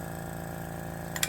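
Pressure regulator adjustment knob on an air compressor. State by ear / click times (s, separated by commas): seated / 1.2 s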